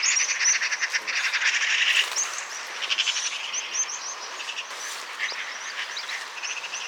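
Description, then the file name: Eurasian magpie rattling in a loud, rapid, dry chatter for two seconds, then looser scattered rattles. Many thin high whistles and chirps from other birds sound throughout. "Pica pica"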